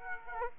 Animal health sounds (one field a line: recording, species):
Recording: mosquito wingbeat signal from an infrared sensor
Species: Aedes aegypti